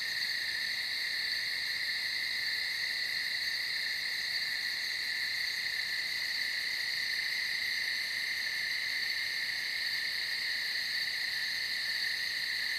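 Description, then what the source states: Crickets giving a constant, shrill trilling chorus that holds the same pitch without any break throughout. Crickets recorded at night on a field.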